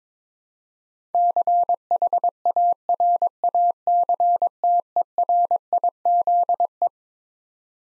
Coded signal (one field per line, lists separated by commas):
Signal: Morse code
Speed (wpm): 22 wpm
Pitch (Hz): 700 Hz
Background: none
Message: CHARACTERIZE